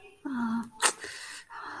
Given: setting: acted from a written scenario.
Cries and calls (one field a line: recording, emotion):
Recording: vocal sound without words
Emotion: guilt